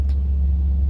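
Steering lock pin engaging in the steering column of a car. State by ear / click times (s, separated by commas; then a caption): not seated / none. With the key removed, a car's steering wheel is turned left to engage the steering lock pin in the steering column, over a steady low rumble. There is a brief faint rustle near 0.1 s. Nothing has clicked or seated yet.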